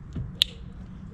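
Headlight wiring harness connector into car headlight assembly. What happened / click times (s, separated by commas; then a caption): The wiring connector snapped into place / 0.4 s. While reinstalling a headlight bulb on a Volvo S40, the wiring harness connector is pushed back onto the car's headlight assembly. A faint soft sound comes just before a single sharp, bright snap at 0.4 s, with low rumbling in the background. The connector snaps into place and is seated.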